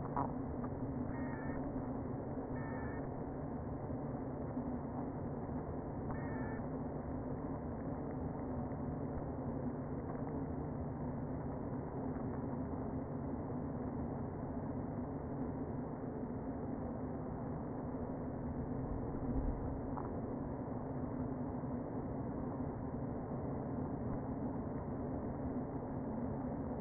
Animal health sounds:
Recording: honeybee colony, microphone inside the hive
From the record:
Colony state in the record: queen present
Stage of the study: before two queens were removed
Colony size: about 60,000 bees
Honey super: yes

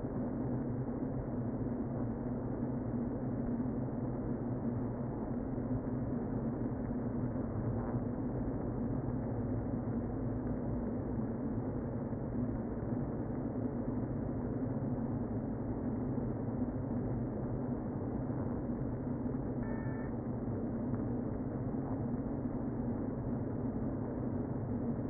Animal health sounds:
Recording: honeybee colony, microphone inside the hive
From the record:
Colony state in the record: queen present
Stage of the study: before two queens were removed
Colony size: about 60,000 bees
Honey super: yes

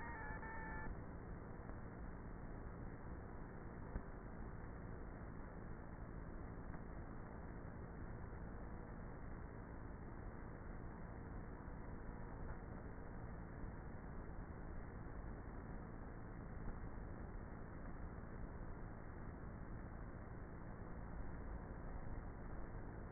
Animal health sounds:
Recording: honeybee colony, microphone inside the hive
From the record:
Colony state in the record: queenless with a low population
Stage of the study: before two queens were removed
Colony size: about 30,000 bees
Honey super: no

